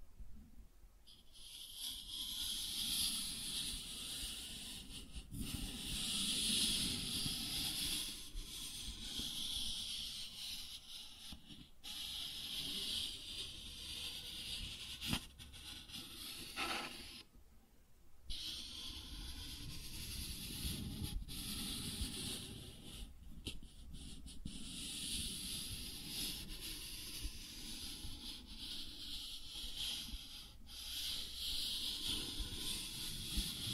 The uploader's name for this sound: Cardboard Scratching, Tracing, Tearing